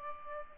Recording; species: mosquito wingbeat signal from an infrared sensor; Culex pipiens